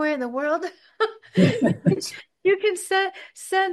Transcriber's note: laughs